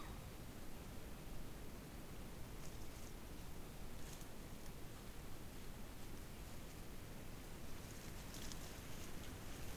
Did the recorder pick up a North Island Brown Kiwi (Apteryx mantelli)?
no